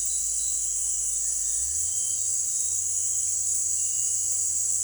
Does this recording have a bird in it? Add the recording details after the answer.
no. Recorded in dense forest near Puerto Asís, Putumayo, Colombia, on 20 December 2024 at 18:00. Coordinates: 0.482, -76.320. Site G021